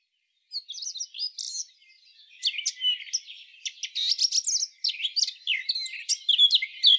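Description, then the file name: Eurasian blackcap song: after a brief pause, soft warbling notes lead into a busy, louder stream of quick, varied twittering phrases. "Sylvia atricapilla"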